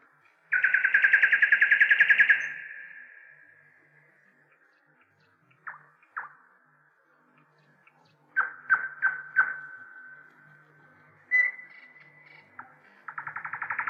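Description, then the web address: Nightingale song: a loud rattling trill of rapid pulses, then scattered sharp notes, a run of four clipped notes with a drawn-out whistle, and another trill starting. "slowik spiew slowika"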